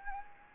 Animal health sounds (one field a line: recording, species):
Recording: mosquito wingbeat signal from an infrared sensor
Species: Anopheles gambiae